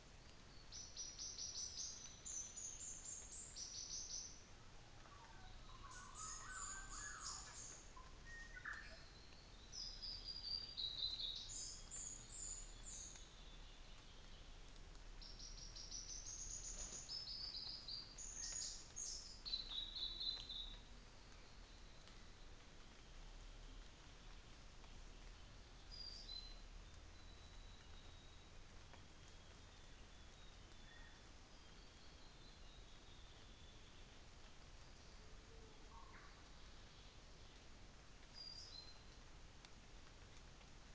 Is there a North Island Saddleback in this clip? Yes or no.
no